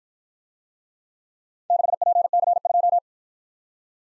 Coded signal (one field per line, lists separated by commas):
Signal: Morse code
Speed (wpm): 52 wpm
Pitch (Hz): 700 Hz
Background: none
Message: 6PC2